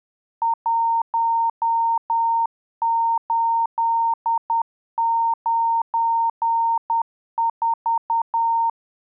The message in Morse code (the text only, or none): 1894